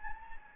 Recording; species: mosquito wingbeat signal from an infrared sensor; Anopheles gambiae